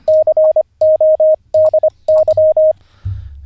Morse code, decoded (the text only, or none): CODY